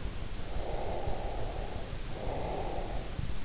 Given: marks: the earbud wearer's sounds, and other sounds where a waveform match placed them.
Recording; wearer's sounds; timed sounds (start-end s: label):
sounds in sleep by an in-ear microphone; breath
0.21-3.41 s: breath